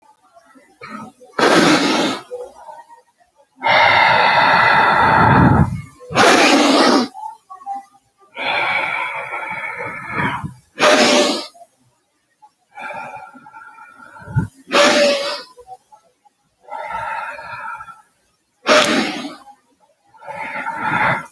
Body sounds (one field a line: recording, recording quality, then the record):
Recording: deep breathing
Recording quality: excellent, no background noise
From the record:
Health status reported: healthy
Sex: male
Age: 24 years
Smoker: no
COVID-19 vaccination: one dose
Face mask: not worn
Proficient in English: yes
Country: India